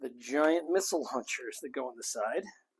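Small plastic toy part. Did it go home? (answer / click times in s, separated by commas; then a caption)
no / none. Someone talks while handling a giant plastic missile launcher that goes into the side mount of a HasLab Hisstank toy tank. Only speech is heard, with no sharp tick or snap, and nothing has seated or clicked yet.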